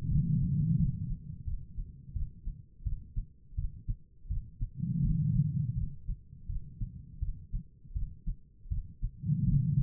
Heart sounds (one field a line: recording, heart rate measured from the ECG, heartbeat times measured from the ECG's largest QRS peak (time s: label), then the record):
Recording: heart sounds by stethoscope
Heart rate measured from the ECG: 83 bpm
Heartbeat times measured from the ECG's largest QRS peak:
0.09 s: heartbeat
0.77 s: heartbeat
1.45 s: heartbeat
2.14 s: heartbeat
2.84 s: heartbeat
3.56 s: heartbeat
4.29 s: heartbeat
5.02 s: heartbeat
5.75 s: heartbeat
6.47 s: heartbeat
7.20 s: heartbeat
7.94 s: heartbeat
8.69 s: heartbeat
9.45 s: heartbeat
From the record:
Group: healthy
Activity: rest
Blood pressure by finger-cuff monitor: 121/91 mmHg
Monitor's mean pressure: 106 mmHg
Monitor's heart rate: 83 bpm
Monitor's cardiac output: 4.8 L/min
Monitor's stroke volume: 57 mL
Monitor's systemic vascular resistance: 1650 dyn s/cm5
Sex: female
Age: 51 years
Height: 162 cm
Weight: 70.04 kg